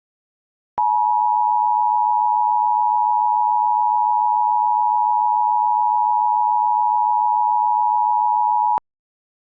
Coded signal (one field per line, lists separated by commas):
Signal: Emergency Alert System (SAME) tones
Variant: 853 and 960 Hz attention tone